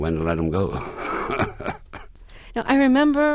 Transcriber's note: soundbite of laughter